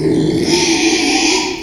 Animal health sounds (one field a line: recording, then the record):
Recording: squeal of a Yucatan mini pig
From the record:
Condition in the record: after surgery on the right vocal fold (resection and tissue-engineered implant)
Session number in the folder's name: 2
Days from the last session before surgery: 13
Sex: male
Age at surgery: 12 weeks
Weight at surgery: 13 kg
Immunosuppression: cyclosporine, prednisolone